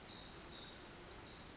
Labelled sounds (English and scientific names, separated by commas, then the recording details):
Pacific Wren (Troglodytes pacificus)
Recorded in Sonoma County, California